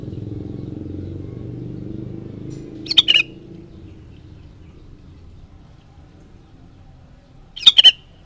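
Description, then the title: Sooty-headed bulbul giving two brief liquid, bubbling phrases roughly five seconds apart, with a low engine-like rumble early on. "Kutilang"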